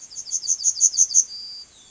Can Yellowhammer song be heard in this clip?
yes